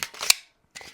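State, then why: Released. The magazine release on a Derya DY9 compact pistol is pressed, and an extended Glock stick magazine drops free of the magazine well. A sharp snap starts the clip, then a brief rattle, and a loud, sharp release click at 0.3 s. After a short silence, softer clatter follows from about 0.8 s as the magazine comes out.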